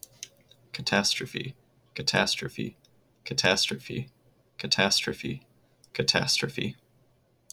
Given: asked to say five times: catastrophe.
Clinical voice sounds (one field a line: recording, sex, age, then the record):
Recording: repeated word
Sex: male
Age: 20 to 29 years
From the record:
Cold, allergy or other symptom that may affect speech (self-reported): no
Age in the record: 24 years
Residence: Arkansas, United States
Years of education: 16